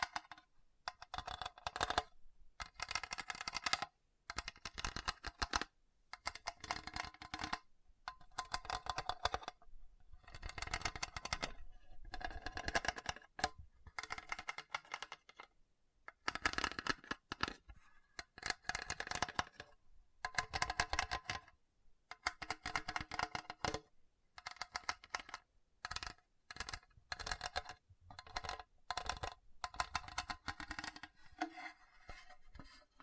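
Scratching across a hard, bumpy surface, heard as rapid rough strokes in short bursts with brief silences between them. The bursts are dense and gritty, bright with a clattering edge, repeating irregularly about every second or two for the whole stretch.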